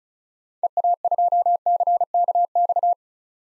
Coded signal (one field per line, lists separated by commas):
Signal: Morse code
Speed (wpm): 34 wpm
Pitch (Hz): 700 Hz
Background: none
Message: EA2CKX